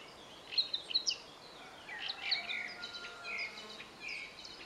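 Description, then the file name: Eurasian blackcap: a few sharp chips open a warbled phrase that slides into clearer, fluty notes. "Sylvia atricapilla"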